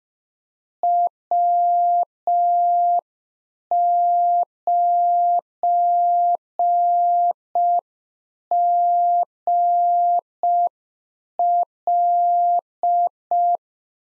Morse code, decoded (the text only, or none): W9GL